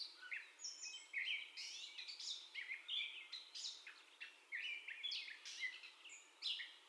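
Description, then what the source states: Gray catbird pouring out a continuous, improvised-sounding string of squeaks, chatters and short whistles at a brisk pace. First song, recorded 30 May 2021.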